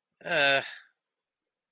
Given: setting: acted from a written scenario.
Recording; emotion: vocal sound without words; shame